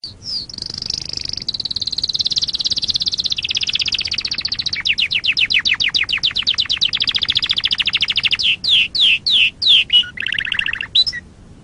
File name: Canary Voice